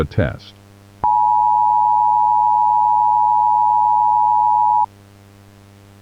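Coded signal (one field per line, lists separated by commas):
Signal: Emergency Alert System (SAME) tones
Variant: 853 and 960 Hz attention tone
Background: speech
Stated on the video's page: Fictional analog horror EAS scenario.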